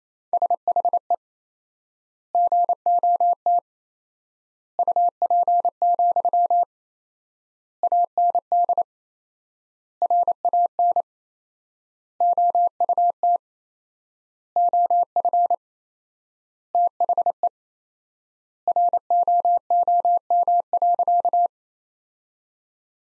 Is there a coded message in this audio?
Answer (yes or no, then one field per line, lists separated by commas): yes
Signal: Morse code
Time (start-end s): 0.3-21.5 s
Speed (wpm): 28 wpm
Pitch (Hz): 700 Hz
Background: none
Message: SHE GOT UP, AND RAN OUT OF THE ROOM.